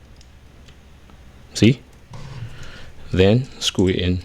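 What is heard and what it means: A cold plate mounting screw on an Arctic Liquid Freezer II liquid cooler pump block is held close and turned anti-clockwise until its thread drops into the thread start with a faint click at 0.2 s. Later someone talks. The screw thread is seated in its start, ready to be screwed in.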